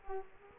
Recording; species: mosquito wingbeat signal from an infrared sensor; Culex quinquefasciatus